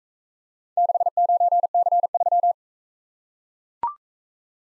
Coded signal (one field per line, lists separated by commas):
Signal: Morse code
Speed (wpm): 41 wpm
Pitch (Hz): 700 Hz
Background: none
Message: 69C3